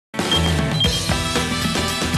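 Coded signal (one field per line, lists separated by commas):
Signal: none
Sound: show intro music beeps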